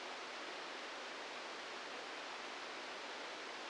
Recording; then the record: brain microelectrode recording played as sound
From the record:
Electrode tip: outside the subthalamic nucleus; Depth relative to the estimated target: 2 mm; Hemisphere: left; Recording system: NeuroSet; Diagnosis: Parkinson's disease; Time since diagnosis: 15 years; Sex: female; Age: 59 years